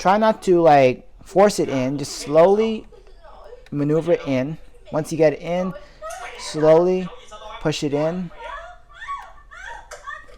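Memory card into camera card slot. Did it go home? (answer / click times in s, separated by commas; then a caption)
yes / 9.9 s. A memory card is slowly pushed onto the pins in the card slot of a Canon EOS Rebel XTi 400D camera, without forcing it so the pins don't bend. Someone talks throughout while the card is maneuvered in. A small click at 9.9 s marks the card seating in the slot.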